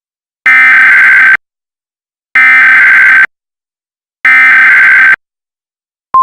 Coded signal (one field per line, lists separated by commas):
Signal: Emergency Alert System (SAME) tones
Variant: header bursts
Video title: EAS Mock #1: Tornado Warning for Fayette County Ohio.